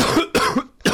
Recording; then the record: coughing mixed with background sound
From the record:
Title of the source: Coughing 46